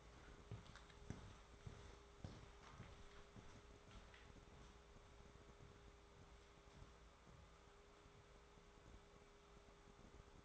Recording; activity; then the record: daily activity, microphone in the room; walk to room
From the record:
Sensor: 3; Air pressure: 1010.4 hPa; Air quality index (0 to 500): 166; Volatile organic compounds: 9 ppm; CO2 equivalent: 2169 ppm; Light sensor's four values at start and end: 41/101/45/50 and 43/106/47/53